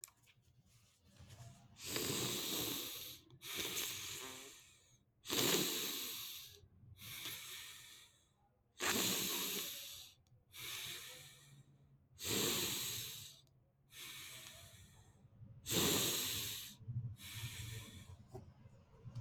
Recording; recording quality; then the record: deep breathing; excellent, no background noise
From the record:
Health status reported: exposed to COVID-19, no respiratory illness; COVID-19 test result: negative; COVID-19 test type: RT-PCR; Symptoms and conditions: cough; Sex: male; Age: 26 years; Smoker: yes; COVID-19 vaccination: both doses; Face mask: not worn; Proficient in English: yes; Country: India